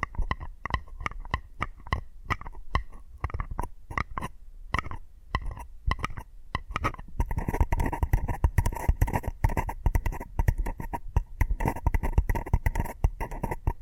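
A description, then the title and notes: Tapping on hard objects, quick and fairly regular at first with distinct knocks several times a second. Around the seventh second the taps turn faster and denser on a more ringing surface that gives a brighter, hollow tone, continuing steadily to the end. ASMR 10 Addictive Tapping Triggers. (No Talking).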